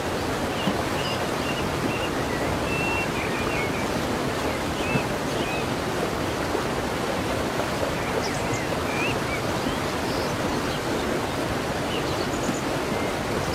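A calm waterfall roars in a steady, dense rush with no breaks, while faint bird chirps flicker high above it now and then.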